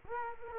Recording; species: mosquito wingbeat signal from an infrared sensor; Culex quinquefasciatus